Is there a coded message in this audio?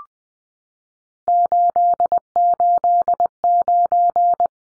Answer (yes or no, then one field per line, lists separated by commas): yes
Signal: Morse code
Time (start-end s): 1.3-4.5 s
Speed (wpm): 20 wpm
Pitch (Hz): 700 Hz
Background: none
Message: 889